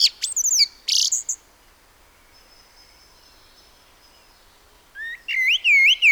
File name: Turdus merula